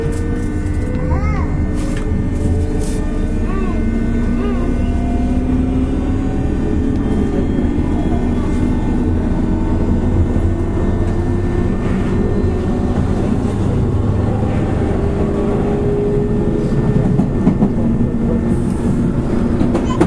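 Running noise aboard a JR West 201 series local train on the Osaka Loop Line: a steady, dense low rumble that holds level for the whole stretch. Motor whine glides up and down in pitch through the middle, with a faint high squeal around thirteen seconds.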